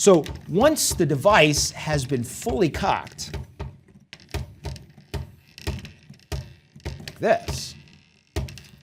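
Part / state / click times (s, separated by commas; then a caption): ratchet pawl engaging the toothed rack of a model catapult slider / seated / 8.4 s. Someone talks while cocking a model ancient crossbow-type siege weapon with a windlass. A series of sharp wooden clicks follows as the ratchet pawl on the side of the wooden slider mechanism engages the toothed rack. At 8.4 s the pawl clicks into place and holds the slider in the cocked position.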